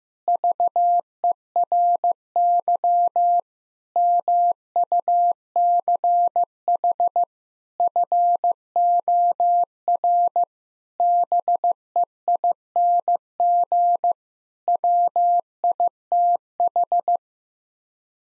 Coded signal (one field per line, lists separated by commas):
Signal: Morse code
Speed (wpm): 15 wpm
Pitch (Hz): 700 Hz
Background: none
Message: VERY MUCH FOR BEING WITH